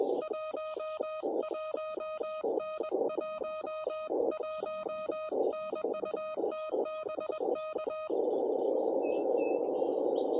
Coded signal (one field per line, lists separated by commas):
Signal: Morse code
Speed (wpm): 21 wpm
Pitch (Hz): 1250 Hz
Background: music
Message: 11N 11N UT BK